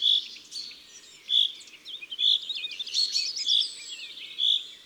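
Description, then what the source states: Common chaffinch calls: short, bright, high notes repeated several times. Calls of one bird.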